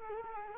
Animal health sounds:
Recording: mosquito wingbeat signal from an infrared sensor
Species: Culex quinquefasciatus

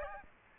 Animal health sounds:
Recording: mosquito wingbeat signal from an infrared sensor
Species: Aedes albopictus

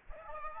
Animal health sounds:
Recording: mosquito wingbeat signal from an infrared sensor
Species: Aedes aegypti

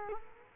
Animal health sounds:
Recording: mosquito wingbeat signal from an infrared sensor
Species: Culex quinquefasciatus

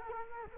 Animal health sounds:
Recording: mosquito wingbeat signal from an infrared sensor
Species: Culex quinquefasciatus

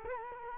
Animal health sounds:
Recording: mosquito wingbeat signal from an infrared sensor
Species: Culex quinquefasciatus

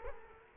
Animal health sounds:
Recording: mosquito wingbeat signal from an infrared sensor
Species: Culex quinquefasciatus

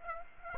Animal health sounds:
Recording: mosquito wingbeat signal from an infrared sensor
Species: Aedes aegypti

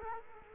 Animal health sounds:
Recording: mosquito wingbeat signal from an infrared sensor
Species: Culex quinquefasciatus

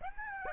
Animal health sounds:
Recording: mosquito wingbeat signal from an infrared sensor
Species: Aedes aegypti

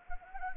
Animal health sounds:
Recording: mosquito wingbeat signal from an infrared sensor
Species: Anopheles gambiae

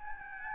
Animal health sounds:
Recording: mosquito wingbeat signal from an infrared sensor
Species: Aedes albopictus

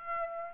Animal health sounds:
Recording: mosquito wingbeat signal from an infrared sensor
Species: Aedes aegypti

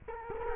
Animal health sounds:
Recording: mosquito wingbeat signal from an infrared sensor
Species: Culex quinquefasciatus

